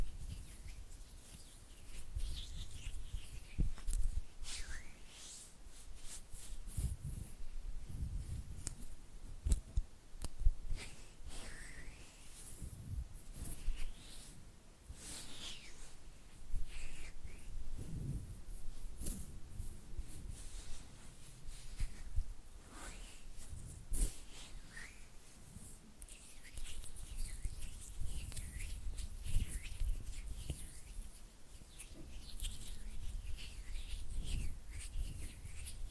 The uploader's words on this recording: ASMR Oily Hand and Flutter Finger Sounds (No Talking).